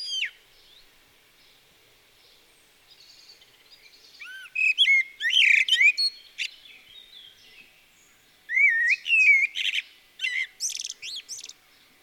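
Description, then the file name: Common blackbird giving high, thin twittering calls: rapid chirpy sweeps in clusters, a quiet start, then dense bursts around five and ten seconds. "Turdus merula"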